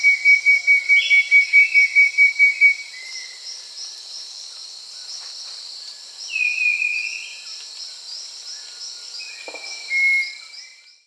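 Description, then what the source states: Southern nightingale-wren song: a quick run of clear high whistled notes, then long pure whistles at spaced intervals, over a loud droning insect hiss. South America.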